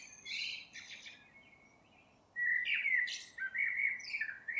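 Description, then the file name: Eurasian blackbird song: a brief high scratchy twitter, a pause, then a run of fluty warbled notes with squeaky high ends. "Turdus merula"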